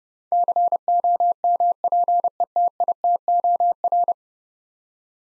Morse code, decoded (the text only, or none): COMPETITOR